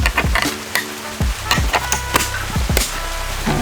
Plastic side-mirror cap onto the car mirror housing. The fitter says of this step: snaps into place pretty easily